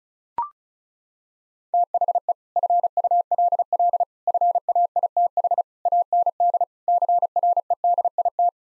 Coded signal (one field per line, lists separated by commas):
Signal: Morse code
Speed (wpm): 36 wpm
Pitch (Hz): 700 Hz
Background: none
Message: THE FULL FAITH AND CREDIT